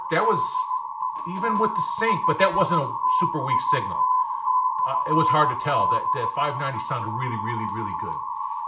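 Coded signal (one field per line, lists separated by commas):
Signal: Morse code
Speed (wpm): 15 wpm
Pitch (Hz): 1010 Hz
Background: speech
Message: DE N5TIT/B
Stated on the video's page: Morse comparing a Ten Tec 340 and a Harris 590.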